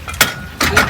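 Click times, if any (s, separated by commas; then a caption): 0.2 s. A heavy road swing bridge on a canal is pushed home into position, and its deck meets the metal locking latch with a loud metallic clink at 0.2 s, followed by further knocks around 0.6 s and 0.8 s. The latch engages and the bridge is seated.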